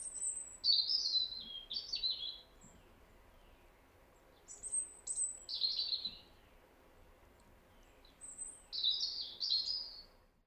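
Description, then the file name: European robin giving three brief song phrases, each opening with a very high thin note and breaking into quick twittering trills, separated by silences. "Erithacus rubecula"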